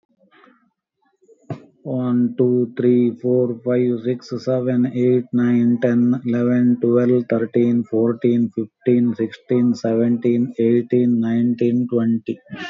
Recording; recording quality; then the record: counting at a normal pace; excellent, no background noise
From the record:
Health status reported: COVID-19 positive, mild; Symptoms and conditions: cough, cold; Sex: male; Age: 47 years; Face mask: worn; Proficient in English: yes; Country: India